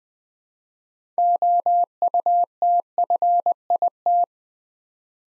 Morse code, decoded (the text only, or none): OUTFIT